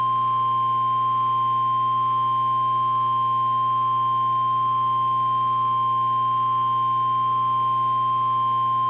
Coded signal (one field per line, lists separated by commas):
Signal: Emergency Alert System (SAME) tones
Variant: 1050 Hz attention tone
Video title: NOAA Weather Radio EAS #1,124 & 1,125 Hurricane Warnings 7/3/14 12:39 PM